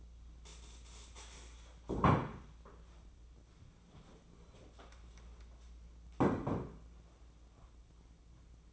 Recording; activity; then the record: daily activity, microphone in the room; stand up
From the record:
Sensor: 1